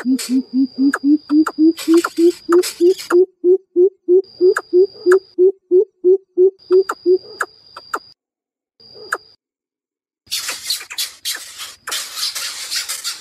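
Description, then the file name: Greater coucal hooting calls: a long, steady run of low hollow hoots that rise slightly in pitch, with clicks, then a rasping, scratchy noise at the end. Chick calling its mother. "Tieng bim bip non keu goi me"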